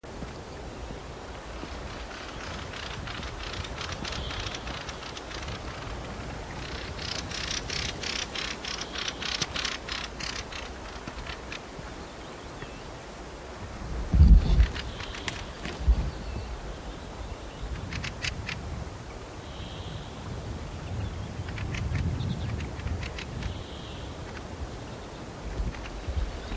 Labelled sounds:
Fieldfare (Turdus pilaris) flight call
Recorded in the wild
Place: Halbinsel Kindo, Karelien, RU
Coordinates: 66.5519, 33.1128
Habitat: taiga
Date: 1996-06-21
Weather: fair, few clouds, ca. 6-8°C
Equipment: Sony WM-D6C, Sennheiser MKH 70, Windkorb, Kopie Revox C 270
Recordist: Frommolt, Karl-Heinz

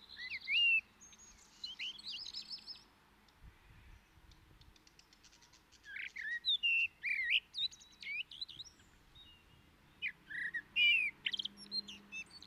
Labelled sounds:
Common Blackbird (Turdus merula) song
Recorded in the wild
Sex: male
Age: adult
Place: Garmisch-Partenkirchen, Bayern, DE
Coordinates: 47.4892, 11.1514
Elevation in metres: 936
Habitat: mountains
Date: 1973-04-28
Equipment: Nagra IV, Sennheiser MKH 405, Parabolreflektor
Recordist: Tretzel, Erwin

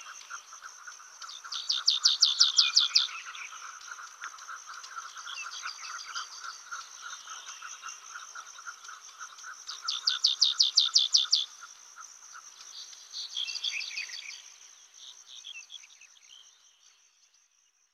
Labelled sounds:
White-capped Bunting (Emberiza stewarti) song
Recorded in the wild
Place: Altyn Emel Nationalpark, KZ
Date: 2000-05-19
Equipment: MiniDisc Sharp MT 20 H
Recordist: Schwarz, Dieter

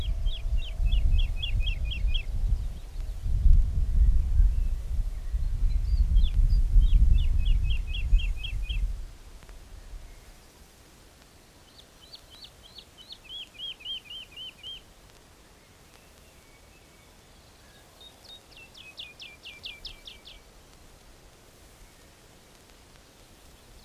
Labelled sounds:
Wood Lark (Lullula arborea) song
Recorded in the wild
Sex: male
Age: adult
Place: Schloß Holte-Stukenbrock, Senne, Nordrhein-Westfalen, DE
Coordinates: 51.8706, 8.65889
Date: 1968-05-26
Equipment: Uher 4000 Report-S, Bändchenmikro Beyer M 260, Parabolspiegel Polyester (470 mm)
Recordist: Conrads, Klaus
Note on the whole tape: Hof Dirks (Furlbach-Gebiet). Auf Hochspannungsmast: Gesang. Teilweise Windstörungen

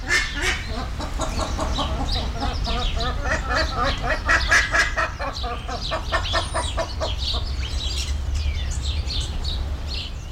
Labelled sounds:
Buff-necked Ibis (Theristicus caudatus) call
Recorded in captivity
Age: adult
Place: Zoo Berlin, Berlin, DE
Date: 1993-01-30 10:47
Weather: -6° C, sonnig
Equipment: Marantz CP 430, Sennheiser ME 80, Kopie Uher Variocord 263
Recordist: Tembrock, Günter

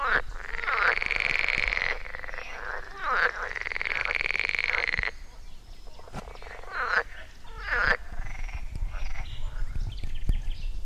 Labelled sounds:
Edible Frog (Pelophylax esculentus) call
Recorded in the wild
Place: Mühlenbecker Land, OT Buchhorst, Naturpark Barnim, Brandenburg, DE
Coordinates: 52.6733, 13.3925
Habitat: pond
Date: 1991-06-09 12:18
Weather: Luft: 21 °C, Wasser: 18,0 °C
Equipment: Uher 4000 Report Monitor, Sennheiser ME 80, K 30 AV, Original
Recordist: Frommolt, Karl-Heinz

